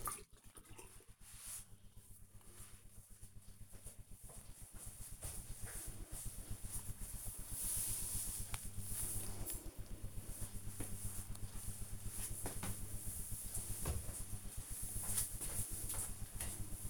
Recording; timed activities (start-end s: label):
household activities, microphone on the right wrist
none